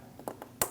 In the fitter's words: Push down until you hear that click.